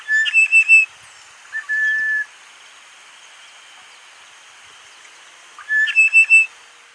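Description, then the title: Bird song: short bursts of clear whistled, chirping notes near the start and again near the end, with one long steady whistle between, over a constant high hiss. "LuckyPassaro Completos2Sama"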